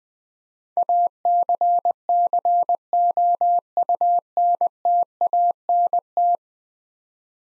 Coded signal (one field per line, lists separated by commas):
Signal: Morse code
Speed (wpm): 20 wpm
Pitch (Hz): 700 Hz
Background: none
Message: ACCOUNTANT